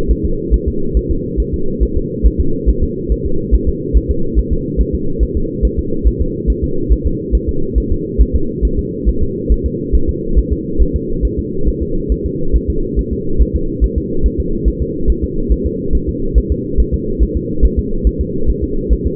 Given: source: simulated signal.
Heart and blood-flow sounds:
fetal heart sounds
0.11 s: S1
0.25 s: S2
0.54 s: S1
0.68 s: S2
0.97 s: S1
1.11 s: S2
1.40 s: S1
1.54 s: S2
1.83 s: S1
1.97 s: S2
2.26 s: S1
2.41 s: S2
2.69 s: S1
2.83 s: S2
3.12 s: S1
3.26 s: S2
3.55 s: S1
3.69 s: S2
3.97 s: S1
4.11 s: S2
4.39 s: S1
4.53 s: S2
4.81 s: S1
4.95 s: S2
5.23 s: S1
5.37 s: S2
5.65 s: S1
5.79 s: S2
6.07 s: S1
6.22 s: S2
6.50 s: S1
6.64 s: S2
6.92 s: S1
7.06 s: S2
7.35 s: S1
7.49 s: S2
7.78 s: S1
7.92 s: S2
8.22 s: S1
8.35 s: S2
8.65 s: S1
8.79 s: S2
9.09 s: S1
9.23 s: S2
9.52 s: S1
9.66 s: S2
9.95 s: S1
10.09 s: S2
10.38 s: S1
10.53 s: S2
10.82 s: S1
10.96 s: S2
11.25 s: S1
11.39 s: S2
11.69 s: S1
11.82 s: S2
12.12 s: S1
12.26 s: S2
12.56 s: S1
12.70 s: S2
12.99 s: S1
13.13 s: S2
13.42 s: S1
13.56 s: S2
13.84 s: S1
13.98 s: S2
14.26 s: S1
14.40 s: S2
14.68 s: S1
14.82 s: S2
15.10 s: S1
15.24 s: S2
15.52 s: S1
15.66 s: S2
15.95 s: S1
16.09 s: S2
16.38 s: S1
16.52 s: S2
16.80 s: S1
16.94 s: S2
17.23 s: S1
17.37 s: S2
17.65 s: S1
17.79 s: S2
18.07 s: S1
18.21 s: S2
18.50 s: S1
18.64 s: S2
18.93 s: S1
19.07 s: S2
From the record:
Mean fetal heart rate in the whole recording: 140 bpm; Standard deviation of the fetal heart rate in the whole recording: 2 bpm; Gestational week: 34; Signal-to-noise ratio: -8.1 dB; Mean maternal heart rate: 72 bpm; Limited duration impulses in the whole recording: present

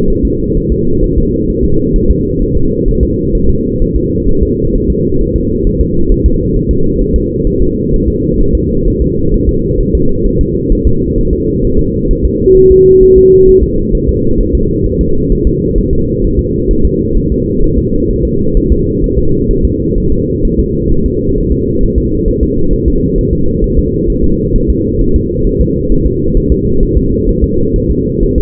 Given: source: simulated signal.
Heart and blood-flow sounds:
fetal heart sounds
0.10 s: S1
0.25 s: S2
0.57 s: S1
0.72 s: S2
1.04 s: S1
1.18 s: S2
1.50 s: S1
1.64 s: S2
1.96 s: S1
2.10 s: S2
2.42 s: S1
2.57 s: S2
2.88 s: S1
3.03 s: S2
3.35 s: S1
3.49 s: S2
3.82 s: S1
3.96 s: S2
4.29 s: S1
4.43 s: S2
4.75 s: S1
4.90 s: S2
5.21 s: S1
5.36 s: S2
5.67 s: S1
5.81 s: S2
6.12 s: S1
6.26 s: S2
6.56 s: S1
6.71 s: S2
7.01 s: S1
7.16 s: S2
7.47 s: S1
7.62 s: S2
7.94 s: S1
8.08 s: S2
8.41 s: S1
8.55 s: S2
8.88 s: S1
9.02 s: S2
9.34 s: S1
9.49 s: S2
9.80 s: S1
9.95 s: S2
10.26 s: S1
10.41 s: S2
10.72 s: S1
10.87 s: S2
11.18 s: S1
11.33 s: S2
11.65 s: S1
11.79 s: S2
12.11 s: S1
12.25 s: S2
12.57 s: S1
12.71 s: S2
13.03 s: S1
13.18 s: S2
13.49 s: S1
13.63 s: S2
13.95 s: S1
14.09 s: S2
14.41 s: S1
14.55 s: S2
14.86 s: S1
15.01 s: S2
15.32 s: S1
15.47 s: S2
15.78 s: S1
15.93 s: S2
16.24 s: S1
16.39 s: S2
16.71 s: S1
16.85 s: S2
17.17 s: S1
17.32 s: S2
17.64 s: S1
17.78 s: S2
18.11 s: S1
18.25 s: S2
18.57 s: S1
18.72 s: S2
19.04 s: S1
19.18 s: S2
19.51 s: S1
19.65 s: S2
19.98 s: S1
20.12 s: S2
20.45 s: S1
20.59 s: S2
20.92 s: S1
21.06 s: S2
21.38 s: S1
21.52 s: S2
21.83 s: S1
21.98 s: S2
22.28 s: S1
22.43 s: S2
22.73 s: S1
22.88 s: S2
23.18 s: S1
23.33 s: S2
23.64 s: S1
23.78 s: S2
24.10 s: S1
24.24 s: S2
24.56 s: S1
24.70 s: S2
25.01 s: S1
25.16 s: S2
25.47 s: S1
25.61 s: S2
25.92 s: S1
26.06 s: S2
26.37 s: S1
26.52 s: S2
26.83 s: S1
26.97 s: S2
27.29 s: S1
27.44 s: S2
27.76 s: S1
27.91 s: S2
28.23 s: S1
28.38 s: S2
From the record:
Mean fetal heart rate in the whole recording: 130 bpm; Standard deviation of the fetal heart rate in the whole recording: 4 bpm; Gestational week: 38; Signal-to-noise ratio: -16.4 dB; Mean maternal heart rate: 72 bpm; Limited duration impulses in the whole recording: present

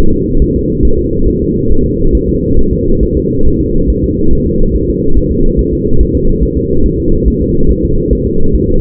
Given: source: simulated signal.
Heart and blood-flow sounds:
fetal heart sounds
0.13 s: S2
0.42 s: S1
0.56 s: S2
0.85 s: S1
0.99 s: S2
1.28 s: S1
1.42 s: S2
1.72 s: S1
1.86 s: S2
2.15 s: S1
2.29 s: S2
2.59 s: S1
2.73 s: S2
3.03 s: S1
3.17 s: S2
3.47 s: S1
3.61 s: S2
3.90 s: S1
4.04 s: S2
4.33 s: S1
4.47 s: S2
4.75 s: S1
4.90 s: S2
5.18 s: S1
5.32 s: S2
5.59 s: S1
5.73 s: S2
6.01 s: S1
6.15 s: S2
6.43 s: S1
6.58 s: S2
6.86 s: S1
7.00 s: S2
7.28 s: S1
7.42 s: S2
7.71 s: S1
7.85 s: S2
8.13 s: S1
8.27 s: S2
8.55 s: S1
8.69 s: S2
From the record:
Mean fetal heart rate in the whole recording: 140 bpm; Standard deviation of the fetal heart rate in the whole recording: 2 bpm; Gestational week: 34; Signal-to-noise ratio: -19.1 dB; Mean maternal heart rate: 72 bpm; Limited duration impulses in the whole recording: present

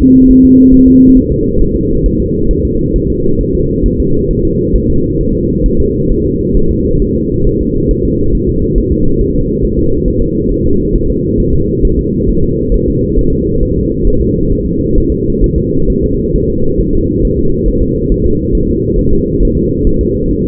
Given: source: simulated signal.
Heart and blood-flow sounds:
fetal heart sounds
0.02 s: S2
0.31 s: S1
0.45 s: S2
0.74 s: S1
0.88 s: S2
1.17 s: S1
1.31 s: S2
1.62 s: S1
1.76 s: S2
2.06 s: S1
2.20 s: S2
2.51 s: S1
2.65 s: S2
2.96 s: S1
3.10 s: S2
3.41 s: S1
3.55 s: S2
3.86 s: S1
4.00 s: S2
4.31 s: S1
4.45 s: S2
4.76 s: S1
4.90 s: S2
5.21 s: S1
5.35 s: S2
5.66 s: S1
5.80 s: S2
6.11 s: S1
6.26 s: S2
6.57 s: S1
6.71 s: S2
7.02 s: S1
7.16 s: S2
7.47 s: S1
7.61 s: S2
7.91 s: S1
8.05 s: S2
8.35 s: S1
8.49 s: S2
8.78 s: S1
8.92 s: S2
9.21 s: S1
9.36 s: S2
9.65 s: S1
9.79 s: S2
10.08 s: S1
10.22 s: S2
10.52 s: S1
10.66 s: S2
10.96 s: S1
11.10 s: S2
11.40 s: S1
11.54 s: S2
11.85 s: S1
11.99 s: S2
12.30 s: S1
12.44 s: S2
12.74 s: S1
12.88 s: S2
13.19 s: S1
13.33 s: S2
13.63 s: S1
13.77 s: S2
14.07 s: S1
14.22 s: S2
14.52 s: S1
14.66 s: S2
14.98 s: S1
15.12 s: S2
15.44 s: S1
15.58 s: S2
15.90 s: S1
16.04 s: S2
16.36 s: S1
16.50 s: S2
16.81 s: S1
16.95 s: S2
17.25 s: S1
17.39 s: S2
17.68 s: S1
17.82 s: S2
18.12 s: S1
18.26 s: S2
18.55 s: S1
18.69 s: S2
18.99 s: S1
19.13 s: S2
19.43 s: S1
19.57 s: S2
19.87 s: S1
20.01 s: S2
20.31 s: S1
20.45 s: S2
From the record:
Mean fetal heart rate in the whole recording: 135 bpm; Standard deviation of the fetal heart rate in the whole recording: 3 bpm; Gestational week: 36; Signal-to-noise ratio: -16.4 dB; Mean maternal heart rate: 72 bpm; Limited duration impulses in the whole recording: present

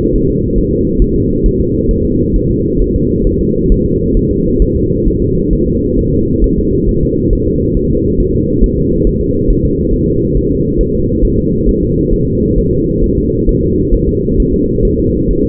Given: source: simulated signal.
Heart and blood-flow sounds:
fetal heart sounds
0.16 s: S1
0.30 s: S2
0.58 s: S1
0.73 s: S2
1.02 s: S1
1.16 s: S2
1.46 s: S1
1.60 s: S2
1.91 s: S1
2.05 s: S2
2.36 s: S1
2.51 s: S2
2.82 s: S1
2.96 s: S2
3.27 s: S1
3.41 s: S2
3.72 s: S1
3.86 s: S2
4.17 s: S1
4.31 s: S2
4.62 s: S1
4.76 s: S2
5.08 s: S1
5.22 s: S2
5.53 s: S1
5.67 s: S2
5.99 s: S1
6.13 s: S2
6.44 s: S1
6.58 s: S2
6.89 s: S1
7.03 s: S2
7.33 s: S1
7.47 s: S2
7.77 s: S1
7.91 s: S2
8.20 s: S1
8.34 s: S2
8.64 s: S1
8.78 s: S2
9.07 s: S1
9.21 s: S2
9.50 s: S1
9.65 s: S2
9.94 s: S1
10.08 s: S2
10.37 s: S1
10.51 s: S2
10.81 s: S1
10.95 s: S2
11.25 s: S1
11.39 s: S2
11.69 s: S1
11.83 s: S2
12.13 s: S1
12.28 s: S2
12.58 s: S1
12.73 s: S2
13.04 s: S1
13.18 s: S2
13.49 s: S1
13.63 s: S2
13.94 s: S1
14.09 s: S2
14.40 s: S1
14.54 s: S2
14.85 s: S1
15.00 s: S2
15.31 s: S1
15.45 s: S2
From the record:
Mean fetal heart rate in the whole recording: 135 bpm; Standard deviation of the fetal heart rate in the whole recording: 3 bpm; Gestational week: 36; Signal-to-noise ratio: -10.2 dB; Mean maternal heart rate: 72 bpm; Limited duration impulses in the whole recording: present

